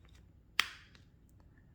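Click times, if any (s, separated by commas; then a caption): 0.6 s. The twist-on battery compartment cover of a Wagan Tech Brite-Nite Dome Lantern, with batteries already installed, is put back onto the lantern base and turned until it clicks. One sharp, loud click at 0.6 s stands out among a few faint ticks, and the cover is seated shut.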